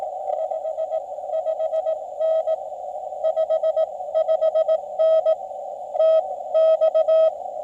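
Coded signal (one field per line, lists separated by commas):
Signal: Morse code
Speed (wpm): 18 wpm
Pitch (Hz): 640 Hz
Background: radio noise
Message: 5 5N 55N TX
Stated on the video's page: CW Parks on the Air activation from a truck mobile install with screwdriver antenna and ham sticks on HF.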